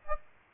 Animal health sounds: mosquito wingbeat signal from an infrared sensor; Aedes aegypti

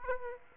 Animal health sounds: mosquito wingbeat signal from an infrared sensor; Aedes aegypti

